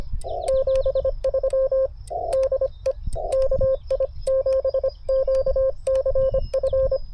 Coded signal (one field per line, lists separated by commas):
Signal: Morse code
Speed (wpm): 24 wpm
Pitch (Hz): 530 Hz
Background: none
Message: 73 DE KI7QCF